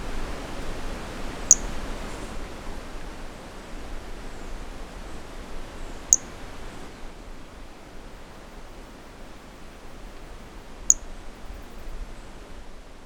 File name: Brachycephalus mirissimus 15 jan 2018 individual 09 ex 02 150 cm first note missing with wind M R Bornschein collected MHNCI